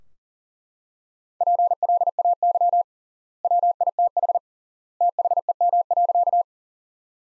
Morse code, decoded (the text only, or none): PLAY WITH THEM.